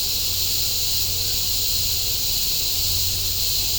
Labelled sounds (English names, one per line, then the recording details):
none
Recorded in secondary vegetation near Puerto Asís, Putumayo, Colombia, on 20 December 2024 at 12:30
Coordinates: 0.502, -76.326
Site G028